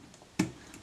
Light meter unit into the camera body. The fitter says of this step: better that's clicked into place it's